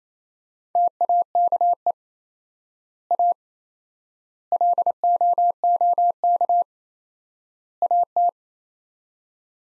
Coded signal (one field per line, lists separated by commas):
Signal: Morse code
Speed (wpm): 28 wpm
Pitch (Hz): 700 Hz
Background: none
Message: TAKE A LOOK AT